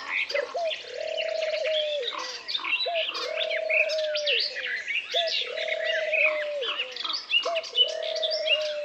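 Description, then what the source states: Birds: bird chorus of bright chirps and trills, with sustained low whistled notes repeating at intervals beneath. Peaceful forest ambience with birds.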